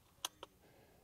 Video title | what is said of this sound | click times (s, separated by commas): How to Cock and De-Cock Your Crossbow w/ AcuDraw De-Cock | and you may also hear an audible click when the crossbow is fully cocked | 0.2 s